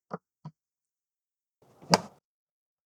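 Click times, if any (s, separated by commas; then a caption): 1.9 s. The heavy DC cable plug of an OUPES alternator charger, on a cable about 1 inch thick, is pushed into the extra-battery port of an OUPES Mega series portable power station. Two short soft taps at about 0.1 and 0.5 s come before a brief scraping rise and a loud, sharp snap at 1.9 s. The plug seats and latches, held until its release button is pushed.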